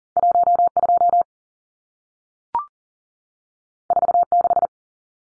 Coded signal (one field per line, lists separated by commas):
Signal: Morse code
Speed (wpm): 40 wpm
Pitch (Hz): 700 Hz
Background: none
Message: 12 46